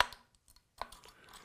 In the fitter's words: then turn this around until it clicks into position and